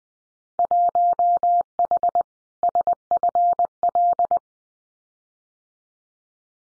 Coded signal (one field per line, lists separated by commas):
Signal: Morse code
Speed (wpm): 20 wpm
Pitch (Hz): 700 Hz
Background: none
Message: 1H SFL